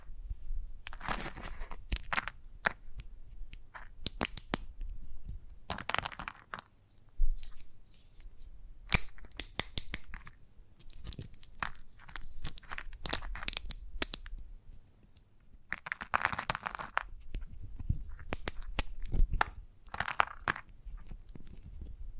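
Chalk being tapped, scratched and carved, with sharp bright clicks and short scraping bursts scattered irregularly throughout. Denser gritty scratching comes in clusters around two, six, sixteen and twenty seconds, separated by quieter gaps with a faint low hum underneath.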